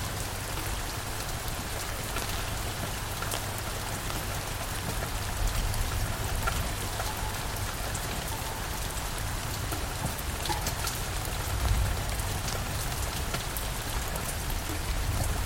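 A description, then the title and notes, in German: A night rain shower falls steadily, a dense hiss of drops spread evenly across the whole stretch with little change in level. A low, constant rumble sits underneath, and a few sharper drop impacts stand out near twelve seconds. Tauchen Sie ein in den harmonischen Kaskadenregen von Tropfen, während sie auf Blätter und Dächer tanzen.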